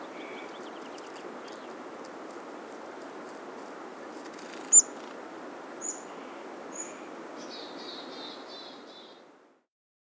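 Bird song: a few sharp, high piping notes spaced about a second apart, then a quick run of buzzy trilled notes, over soft steady hiss.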